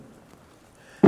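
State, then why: Not seated. The driver's door of a 1950s sedan, with its hinges just refitted and adjusted, is swung shut against the car body striker. After a quiet stretch with a faint tick near 0.3 s, a loud, low thud arrives at about 1.0 s as the door meets the body. The latch has not clicked or caught, because the latch mechanism is completely worn out.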